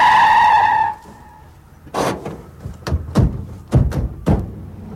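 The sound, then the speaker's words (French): A car screeches in with a loud, sustained, high-pitched tire squeal lasting about a second, followed by a quiet pause and then several sharp, irregular thumps and clunks. “Attention, une voiture.”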